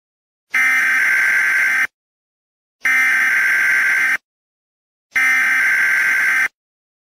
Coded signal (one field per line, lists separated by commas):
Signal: Emergency Alert System (SAME) tones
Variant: header bursts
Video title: #skibiditoilet skibidi toilet eas scenario Part 2